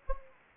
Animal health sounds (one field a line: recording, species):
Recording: mosquito wingbeat signal from an infrared sensor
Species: Anopheles gambiae